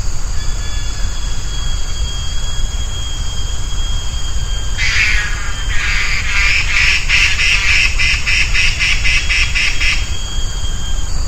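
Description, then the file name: Black-and-red broadbill calling: a rapid series of many harsh, rasping notes that starts suddenly and runs for about five seconds, over steady hiss. "cymbirhynchus macrorhynchos"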